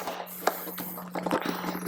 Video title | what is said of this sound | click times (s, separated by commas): Step by Step Install of the Hertz Stage 4 600W Audio System for Factory GT/GTS Harley Davidson Radio | just snaps back in all right | 0.5 s